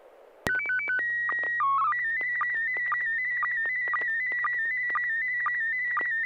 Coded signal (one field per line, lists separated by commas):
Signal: SSTV (slow-scan television)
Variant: PD 120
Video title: N6NA SSTV Net - 11/05/2025